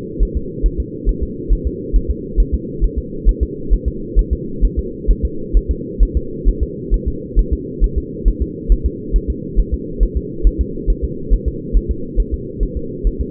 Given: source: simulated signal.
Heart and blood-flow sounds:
fetal heart sounds
0.23 s: S1
0.37 s: S2
0.66 s: S1
0.80 s: S2
1.09 s: S1
1.23 s: S2
1.53 s: S1
1.67 s: S2
1.96 s: S1
2.10 s: S2
2.40 s: S1
2.54 s: S2
2.84 s: S1
2.98 s: S2
3.29 s: S1
3.43 s: S2
3.73 s: S1
3.88 s: S2
4.19 s: S1
4.33 s: S2
4.64 s: S1
4.79 s: S2
5.10 s: S1
5.25 s: S2
5.57 s: S1
5.71 s: S2
6.03 s: S1
6.17 s: S2
6.48 s: S1
6.63 s: S2
6.94 s: S1
7.08 s: S2
7.39 s: S1
7.53 s: S2
7.84 s: S1
7.98 s: S2
8.28 s: S1
8.42 s: S2
8.72 s: S1
8.86 s: S2
9.16 s: S1
9.30 s: S2
9.59 s: S1
9.74 s: S2
10.03 s: S1
10.17 s: S2
10.47 s: S1
10.61 s: S2
10.90 s: S1
11.04 s: S2
11.33 s: S1
11.48 s: S2
11.77 s: S1
11.91 s: S2
12.20 s: S1
12.34 s: S2
12.63 s: S1
12.77 s: S2
13.07 s: S1
13.21 s: S2
From the record:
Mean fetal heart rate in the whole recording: 135 bpm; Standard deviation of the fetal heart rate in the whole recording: 3 bpm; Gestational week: 36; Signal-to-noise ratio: -4.3 dB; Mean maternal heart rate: 72 bpm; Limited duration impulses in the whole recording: present

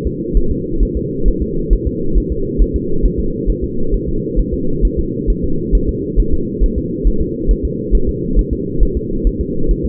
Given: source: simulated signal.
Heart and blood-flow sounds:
fetal heart sounds
0.07 s: S2
0.37 s: S1
0.52 s: S2
0.83 s: S1
0.97 s: S2
1.28 s: S1
1.42 s: S2
1.73 s: S1
1.87 s: S2
2.18 s: S1
2.32 s: S2
2.61 s: S1
2.76 s: S2
3.05 s: S1
3.20 s: S2
3.50 s: S1
3.64 s: S2
3.94 s: S1
4.08 s: S2
4.39 s: S1
4.54 s: S2
4.85 s: S1
4.99 s: S2
5.30 s: S1
5.44 s: S2
5.75 s: S1
5.89 s: S2
6.20 s: S1
6.34 s: S2
6.64 s: S1
6.78 s: S2
7.07 s: S1
7.22 s: S2
7.51 s: S1
7.65 s: S2
7.95 s: S1
8.09 s: S2
8.39 s: S1
8.53 s: S2
8.83 s: S1
8.97 s: S2
9.27 s: S1
9.41 s: S2
9.71 s: S1
9.85 s: S2
From the record:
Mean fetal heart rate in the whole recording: 135 bpm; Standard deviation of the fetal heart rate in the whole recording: 3 bpm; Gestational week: 36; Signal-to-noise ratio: -8.1 dB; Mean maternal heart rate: 72 bpm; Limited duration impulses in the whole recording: present

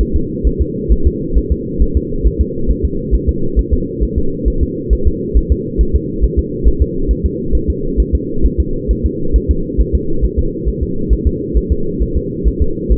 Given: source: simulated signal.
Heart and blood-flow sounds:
fetal heart sounds
0.01 s: S1
0.16 s: S2
0.47 s: S1
0.61 s: S2
0.92 s: S1
1.07 s: S2
1.38 s: S1
1.52 s: S2
1.82 s: S1
1.97 s: S2
2.27 s: S1
2.41 s: S2
2.71 s: S1
2.85 s: S2
3.15 s: S1
3.29 s: S2
3.59 s: S1
3.73 s: S2
4.03 s: S1
4.18 s: S2
4.48 s: S1
4.63 s: S2
4.93 s: S1
5.07 s: S2
5.37 s: S1
5.52 s: S2
5.81 s: S1
5.96 s: S2
6.24 s: S1
6.39 s: S2
6.67 s: S1
6.82 s: S2
7.11 s: S1
7.26 s: S2
7.55 s: S1
7.70 s: S2
8.00 s: S1
8.15 s: S2
8.45 s: S1
8.60 s: S2
8.91 s: S1
9.06 s: S2
9.36 s: S1
9.51 s: S2
9.80 s: S1
9.95 s: S2
10.24 s: S1
10.39 s: S2
10.68 s: S1
10.83 s: S2
11.13 s: S1
11.27 s: S2
11.57 s: S1
11.72 s: S2
12.02 s: S1
12.17 s: S2
12.48 s: S1
12.62 s: S2
12.92 s: S1
From the record:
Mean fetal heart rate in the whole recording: 135 bpm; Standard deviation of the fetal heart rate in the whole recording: 3 bpm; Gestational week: 34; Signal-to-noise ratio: -8.1 dB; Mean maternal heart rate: 72 bpm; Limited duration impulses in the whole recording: absent

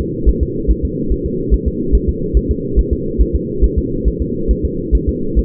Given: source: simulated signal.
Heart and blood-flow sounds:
fetal heart sounds
0.01 s: S2
0.29 s: S1
0.43 s: S2
0.71 s: S1
0.85 s: S2
1.12 s: S1
1.26 s: S2
1.54 s: S1
1.68 s: S2
1.95 s: S1
2.09 s: S2
2.37 s: S1
2.51 s: S2
2.79 s: S1
2.93 s: S2
3.21 s: S1
3.36 s: S2
3.64 s: S1
3.78 s: S2
4.08 s: S1
4.22 s: S2
4.51 s: S1
4.65 s: S2
4.95 s: S1
5.09 s: S2
5.39 s: S1
From the record:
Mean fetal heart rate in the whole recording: 140 bpm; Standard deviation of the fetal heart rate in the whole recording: 2 bpm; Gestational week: 34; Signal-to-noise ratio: -6.6 dB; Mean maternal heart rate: 72 bpm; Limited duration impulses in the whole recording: present

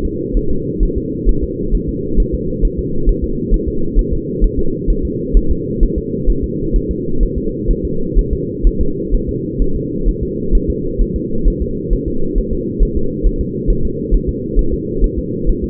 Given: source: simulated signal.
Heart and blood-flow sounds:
fetal heart sounds
0.05 s: S2
0.37 s: S1
0.51 s: S2
0.83 s: S1
0.98 s: S2
1.29 s: S1
1.44 s: S2
1.75 s: S1
1.89 s: S2
2.20 s: S1
2.35 s: S2
2.65 s: S1
2.79 s: S2
3.09 s: S1
3.24 s: S2
3.54 s: S1
3.68 s: S2
3.99 s: S1
4.13 s: S2
4.44 s: S1
4.59 s: S2
4.90 s: S1
5.05 s: S2
5.37 s: S1
5.51 s: S2
5.83 s: S1
5.98 s: S2
6.30 s: S1
6.44 s: S2
6.76 s: S1
6.91 s: S2
7.23 s: S1
7.38 s: S2
7.71 s: S1
7.85 s: S2
8.19 s: S1
8.33 s: S2
8.67 s: S1
8.81 s: S2
9.14 s: S1
9.29 s: S2
9.62 s: S1
9.76 s: S2
10.09 s: S1
10.23 s: S2
10.55 s: S1
10.70 s: S2
11.02 s: S1
11.16 s: S2
11.48 s: S1
11.62 s: S2
11.93 s: S1
12.08 s: S2
12.38 s: S1
12.53 s: S2
12.83 s: S1
12.97 s: S2
13.27 s: S1
13.41 s: S2
13.70 s: S1
13.85 s: S2
14.14 s: S1
14.29 s: S2
14.59 s: S1
14.74 s: S2
15.04 s: S1
15.18 s: S2
15.49 s: S1
15.64 s: S2
From the record:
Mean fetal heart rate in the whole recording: 130 bpm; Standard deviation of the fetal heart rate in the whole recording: 4 bpm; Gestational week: 38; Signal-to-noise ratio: -8.1 dB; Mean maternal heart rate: 72 bpm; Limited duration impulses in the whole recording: absent

